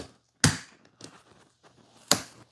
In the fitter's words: make sure you get a a nice Click on each side and the last one in slot four